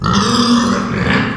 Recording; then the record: squeal of a Yucatan mini pig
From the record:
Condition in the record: after surgery on the right vocal fold (resection and tissue-engineered implant); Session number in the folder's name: 16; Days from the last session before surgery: 183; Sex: female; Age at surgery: 19 weeks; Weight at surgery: 25 kg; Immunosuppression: prednisolone